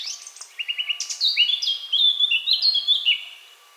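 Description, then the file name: Eurasian blackcap song: a quick scratchy warble of short notes, then louder clear fluty whistled phrases jumping up and down in pitch, ending after about three seconds. "Sylvia atricapilla"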